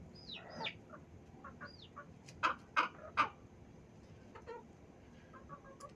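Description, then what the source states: Chicken sounds: a few high falling peeps, then three loud abrupt clucks in a row, followed by quieter scattered notes. In a chicken coop.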